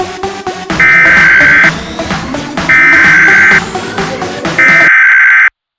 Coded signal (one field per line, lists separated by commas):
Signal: Emergency Alert System (SAME) tones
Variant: header bursts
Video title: The Devil's Awakening (An EAS Scenario)